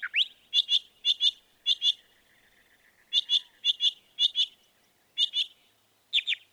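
Northern mockingbird song, sharp high chip notes given in quick pairs, repeated with short gaps.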